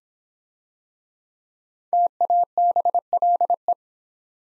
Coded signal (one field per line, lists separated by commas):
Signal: Morse code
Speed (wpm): 26 wpm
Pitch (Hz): 700 Hz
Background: none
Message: TABLE